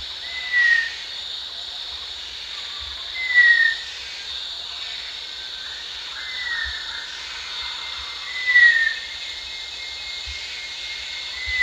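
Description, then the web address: Rufous-tailed shama giving several thin descending whistles, spaced a few seconds apart, with a continuous high insect hiss behind. Recorded at Danum on 1 January 2008. "DANUM 20080101. rufous-tailed shama"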